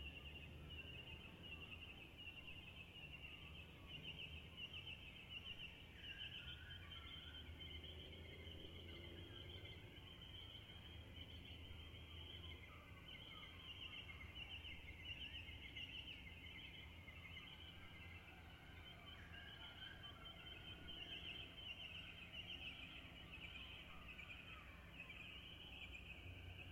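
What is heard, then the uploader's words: A dawn chorus of birds in Turramurra, with a dense, steady band of bright chirping and trilling running throughout, sharper bursts around 6, 15 and 21 seconds. A low, constant rumble sits underneath, and occasional lower calls drift in midway. Dawn chorus, Turramurra, September 2018. Dawn chorus of birds, recorded about 5.30am while jetlagged. Recorded on a Zoom h4n recorder, topped & tailed with a touch of EQ to remove hiss.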